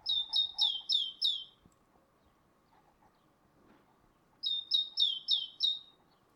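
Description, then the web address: Great tit calls: a series of five high, downslurred notes, a pause of about three seconds, then another matching series of five. "SETE data Parus major"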